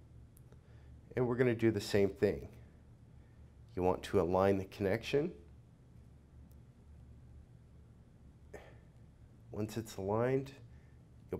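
A digitizer flex cable connector is lined up over its logic board socket in a media player before being pressed home. Someone talks in three bursts, with faint small ticks near 0.4 s, 0.5 s and 6.5 s. Nothing has seated or clicked yet.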